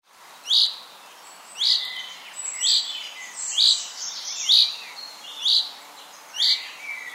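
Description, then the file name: Common chaffinch uttering crisp high call notes at roughly one-second intervals, several notes, with quiet bird twitters underneath. "Fringilla coelebs"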